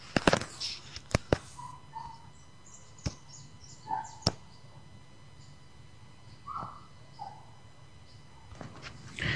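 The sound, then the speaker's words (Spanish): A mockingbird sings a varied string of short whistled notes and chirps, mid to high pitched and fairly soft, broken up by several sharp, loud clicks. “Es el mismo burlón de la Luisiana, la terca de Chile o el cenontle de México, nombres todos alusivos a la facultad que posee un pájaro de imitar el canto de las demás aves, incluso el grito de algunos cuadrúpedos.”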